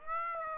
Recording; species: mosquito wingbeat signal from an infrared sensor; Aedes aegypti